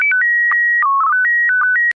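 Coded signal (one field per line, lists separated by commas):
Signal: SSTV (slow-scan television)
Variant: PD 120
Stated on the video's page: SSTV image transmission.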